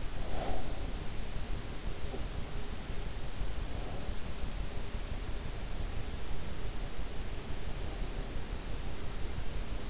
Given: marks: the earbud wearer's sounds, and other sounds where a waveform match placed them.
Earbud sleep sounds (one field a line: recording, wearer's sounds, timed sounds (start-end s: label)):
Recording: sounds in sleep by an in-ear microphone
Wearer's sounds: breath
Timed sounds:
0.00-0.77 s: breath